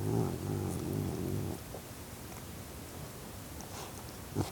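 Cat growl, a brief low rumbling growl lasting under two seconds, then near quiet with a faint tap near the end.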